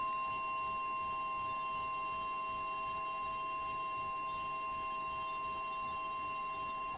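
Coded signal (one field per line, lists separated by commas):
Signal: Emergency Alert System (SAME) tones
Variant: 1050 Hz attention tone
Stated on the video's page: Real EAS alert from NOAA weather radio.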